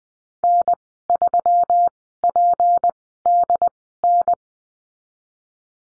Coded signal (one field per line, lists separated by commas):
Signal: Morse code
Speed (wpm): 20 wpm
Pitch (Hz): 700 Hz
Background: none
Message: N3PDN